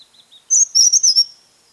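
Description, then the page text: Chestnut-headed tesia giving one very high, rapid burst of tinkling, slurred notes after a few soft high peeps. "Chestnut-Headed Tesia Song. Quick Sounds"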